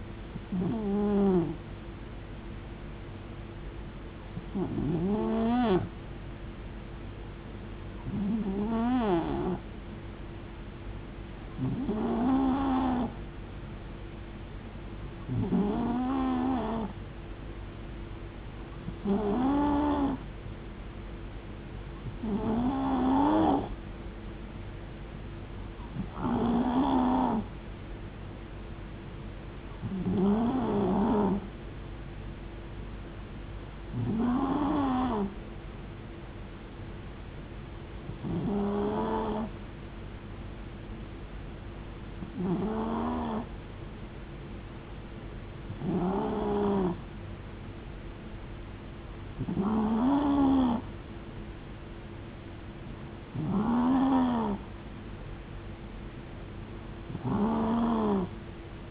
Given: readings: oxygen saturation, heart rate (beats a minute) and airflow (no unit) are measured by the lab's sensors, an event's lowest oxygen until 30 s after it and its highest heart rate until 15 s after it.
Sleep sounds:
breathing in sleep by a voice recorder at the bedside; none
none scored
From the record:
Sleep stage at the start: N2 (light sleep); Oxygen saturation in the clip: 91 to 92%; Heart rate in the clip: 64 to 74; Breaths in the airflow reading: 15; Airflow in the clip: -5.3 to 3.1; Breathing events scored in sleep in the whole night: 389 in 6.3 hours asleep

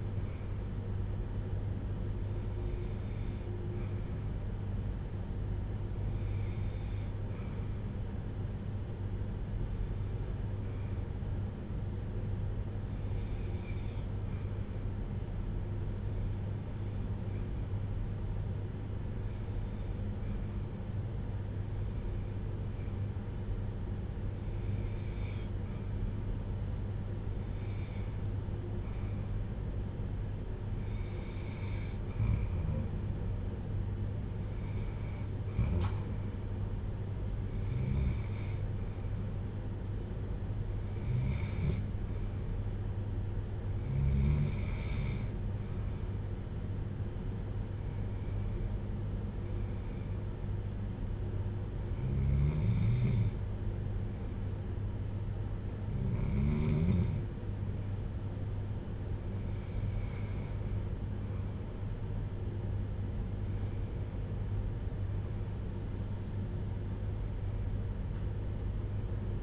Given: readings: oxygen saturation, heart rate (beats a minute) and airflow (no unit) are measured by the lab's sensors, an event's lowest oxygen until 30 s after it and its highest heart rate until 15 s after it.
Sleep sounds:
breathing in sleep by a smartphone at the bedside; 1
5.00-33.20 s: hypopnea (REM, oxygen 97% highest, then 93% lowest, heart rate 58 at the start, 74 highest)
From the record:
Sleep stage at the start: REM sleep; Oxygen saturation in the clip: 93 to 97%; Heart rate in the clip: 55 to 76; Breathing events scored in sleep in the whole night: 310 in 8.1 hours asleep

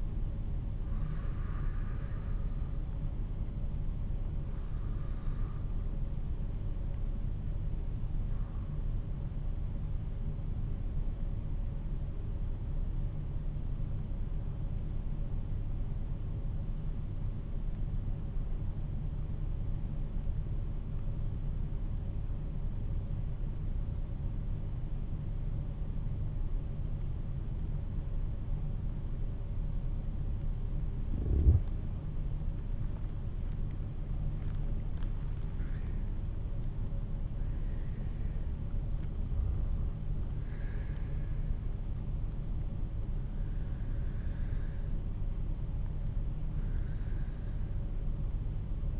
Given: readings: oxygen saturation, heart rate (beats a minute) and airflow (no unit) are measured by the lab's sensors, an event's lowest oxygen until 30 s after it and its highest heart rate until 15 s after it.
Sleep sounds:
breathing in sleep by a smartphone at the bedside; 1
10.00-34.00 s: hypopnea (N2, oxygen 96% highest, then 89% lowest, heart rate 48 at the start, 54 highest)
24.00-49.00 s: new sleep stage, N1 (lightest sleep)
From the record:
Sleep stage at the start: N2 (light sleep); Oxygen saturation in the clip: 92 to 96%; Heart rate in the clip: 46 to 54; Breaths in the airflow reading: 9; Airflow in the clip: -8.1 to 11.5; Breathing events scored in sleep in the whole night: 388 in 6.5 hours asleep

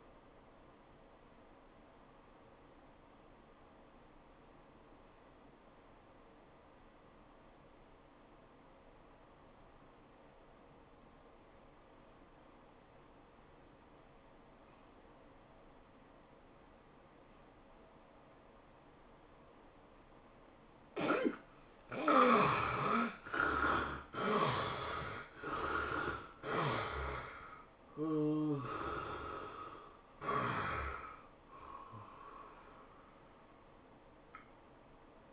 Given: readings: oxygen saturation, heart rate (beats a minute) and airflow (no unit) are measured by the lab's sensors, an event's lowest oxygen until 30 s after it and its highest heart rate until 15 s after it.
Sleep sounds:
breathing in sleep by a voice recorder at the bedside; 1
3.00-21.50 s: obstructive apnea (N1, oxygen 95% highest, then 72% lowest, heart rate 80 at the start, 105 highest)
From the record:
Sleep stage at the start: N1 (lightest sleep); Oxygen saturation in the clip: 72 to 95%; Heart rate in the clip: 74 to 105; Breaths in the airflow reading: 4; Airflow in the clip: -11.9 to 12.4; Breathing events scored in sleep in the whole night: 403 in 5.5 hours asleep

